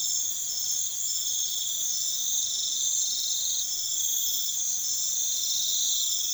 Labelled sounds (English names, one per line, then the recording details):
none
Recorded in pastures near Puerto Asís, Putumayo, Colombia, on 4 March 2025 at 02:30
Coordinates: 0.487, -76.322
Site G077